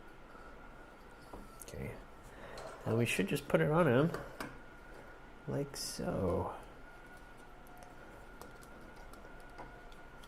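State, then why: Not seated. A die-cast and plastic back armor piece for a Chogokin Giga Armor Mega Man X action figure is handled and brought up to the figure's back while someone talks. Small light taps and handling clicks come at about 1.6, 7.8, 8.4 and 9.1 seconds. The piece has not yet popped into place, and nothing has seated or clicked yet.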